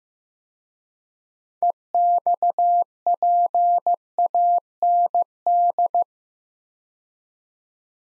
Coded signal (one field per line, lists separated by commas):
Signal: Morse code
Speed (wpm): 15 wpm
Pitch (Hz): 700 Hz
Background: none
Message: EXPAND